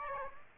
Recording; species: mosquito wingbeat signal from an infrared sensor; Aedes aegypti